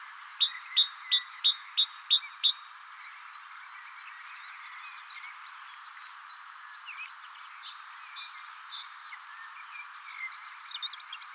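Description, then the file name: Great tit: a quick run of about seven sharp two-note phrases, high then lower, within a few seconds, followed by faint scattered chirps and twitters in the background. "Parus major"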